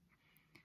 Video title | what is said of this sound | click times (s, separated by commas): Learning To Crochet- My Top 5 Tips! 🧶 | faces you and then you push your back on until you hear it click | 0.6 s